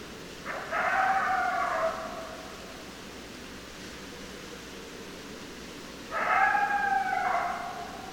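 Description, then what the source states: Coyote calls: two sustained harmonic howls with slightly bending pitch, each over a second long and separated by several seconds of quiet hiss. More than one coyote; recorded 10 December 2012.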